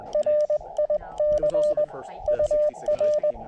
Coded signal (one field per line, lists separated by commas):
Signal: Morse code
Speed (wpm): 20 wpm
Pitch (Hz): 590 Hz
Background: speech, radio noise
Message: RIC UR